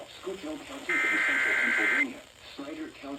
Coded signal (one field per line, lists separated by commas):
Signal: Emergency Alert System (SAME) tones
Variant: header bursts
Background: speech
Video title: Christmas In July Storms: EAS Alerts From 7/25/25 (EAS #5577-5644)